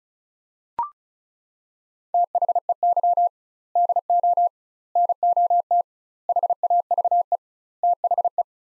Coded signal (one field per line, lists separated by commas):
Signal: Morse code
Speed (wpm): 36 wpm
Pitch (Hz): 700 Hz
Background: none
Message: THEY DO NOT HAVE THE